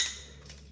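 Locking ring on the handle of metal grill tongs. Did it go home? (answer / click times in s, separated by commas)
yes / 0.5 s, 0.6 s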